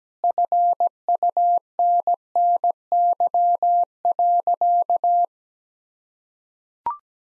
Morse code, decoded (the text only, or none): FUNNY.